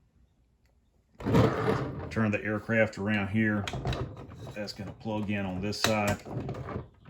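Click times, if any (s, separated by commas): none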